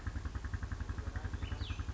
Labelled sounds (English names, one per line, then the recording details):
Cassin's Vireo
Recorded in Sonoma County, California